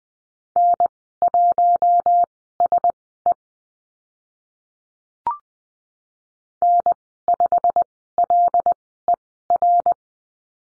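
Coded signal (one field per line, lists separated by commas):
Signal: Morse code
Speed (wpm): 20 wpm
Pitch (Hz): 700 Hz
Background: none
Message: N1SE N5LER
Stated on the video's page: Morse course lesson on letter M and call signs at Farnsworth speed 20/10 wpm.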